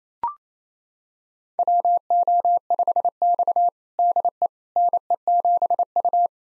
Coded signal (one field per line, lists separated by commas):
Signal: Morse code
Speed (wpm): 28 wpm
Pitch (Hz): 700 Hz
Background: none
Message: WO5X DE NE7U